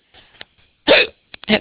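An adult's two abrupt, loud hiccups with a sharp, breathy catch, about half a second apart. Faint throat clicks come before them.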